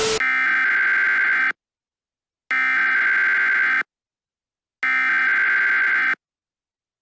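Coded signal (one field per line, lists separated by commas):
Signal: Emergency Alert System (SAME) tones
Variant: header bursts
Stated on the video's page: Fictional analog horror EAS scenario, not based on a real event.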